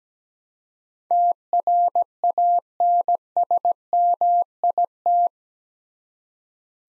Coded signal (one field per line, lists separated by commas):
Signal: Morse code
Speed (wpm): 17 wpm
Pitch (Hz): 700 Hz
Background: none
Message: TRANSMIT